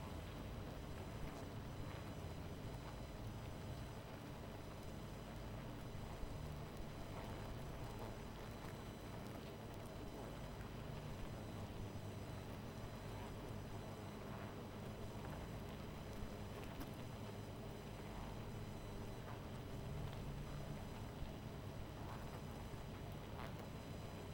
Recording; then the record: honeybee colony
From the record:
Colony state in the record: missing queen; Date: 14 July 2017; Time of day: 22:29